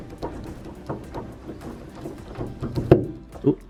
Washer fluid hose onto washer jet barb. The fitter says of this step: and it pops in